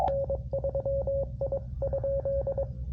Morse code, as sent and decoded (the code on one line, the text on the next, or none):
-. ...-- .. ..--..
N3I?